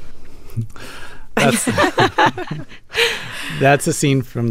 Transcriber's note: laughter